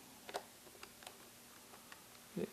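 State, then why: Not seated. An Enter keycap's protrusion is being lined up with the hole on a keyboard key switch before any downward push. Only light plastic ticks of contact are heard at about 0.3, 0.4, 0.8, 1.1 and 1.9 s, with a duller low bump near 2.4 s. Nothing has seated or clicked yet.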